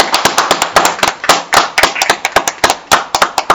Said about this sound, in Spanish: Un fuerte aplauso para estos compañeros.